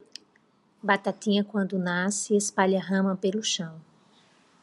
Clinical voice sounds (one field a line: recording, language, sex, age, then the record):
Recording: short text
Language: Brazilian Portuguese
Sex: female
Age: 40 to 49 years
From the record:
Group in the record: control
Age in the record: 42 years